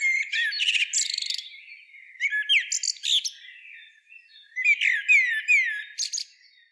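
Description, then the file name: Common blackbird giving bursts of twittering song mixed with clear downslurred whistles, separated by short quieter gaps. "Turdus merula"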